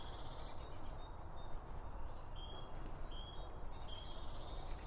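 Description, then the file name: Birds chirping in short high twittering notes, scattered throughout over a steady low rumble. Birds around a bird feeder; recorded with two Line Audio OM1 microphones. "Birds Around Birdfeeding With Two Om 1 From Line Audio"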